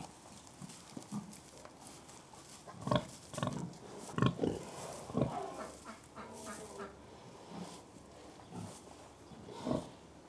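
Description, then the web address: Pig: low grunting snorts come in irregular bursts, some with a nasal, honking edge, over a faint steady background. Three pigs, grunting occasionally; livestock. "BBC Sound Effects Library BBC Livestock Three Pigs Grunting Occasionally"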